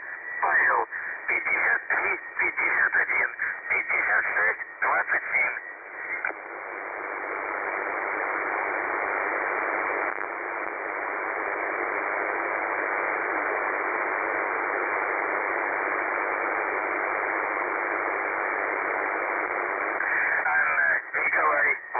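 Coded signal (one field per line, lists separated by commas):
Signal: numbers station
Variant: UVB-76 (The Buzzer)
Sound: brief spoken voice through radio noise, long stretch of hiss, then more voice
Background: radio static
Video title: The Buzzer/UVB-76 Voice Message (December 2, 2020 10:43 UTC)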